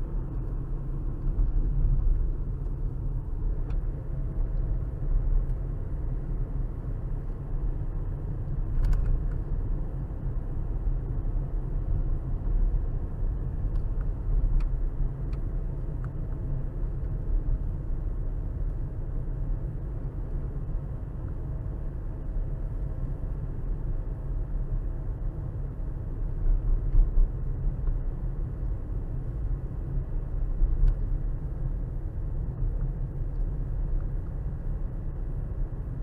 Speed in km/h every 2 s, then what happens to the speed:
50, 44, 42, 44, 45, 45, 45, 44, 42, 42, 42, 42, 42, 42, 40, 40, 40, 40.
0-3 slows to 42. 3-36 steady at about 42.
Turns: none.